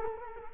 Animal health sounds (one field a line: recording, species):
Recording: mosquito wingbeat signal from an infrared sensor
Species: Culex quinquefasciatus